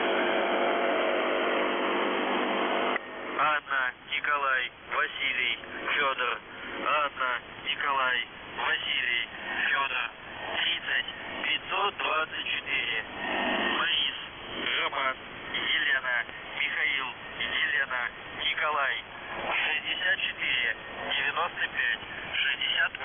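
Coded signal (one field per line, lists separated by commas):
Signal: numbers station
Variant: UVB-76 voice message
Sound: brief steady noise or buzz, then a voice reading a message over crackly shortwave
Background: radio static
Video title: The Buzzer/UVB-76(4625Khz) Feb. 4th 2020 15:08UTC Voice message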